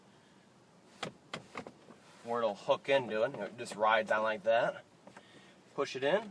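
A glove box door on a 2011-2015 Ford Explorer is handled and guided toward its latch in the dashboard, with a few short, sharp knocks at about 1.0, 1.3, 1.6 and 1.7 s and faint taps near 5.1 s while someone talks. The door is being pushed in to latch shut, but nothing has seated or clicked yet.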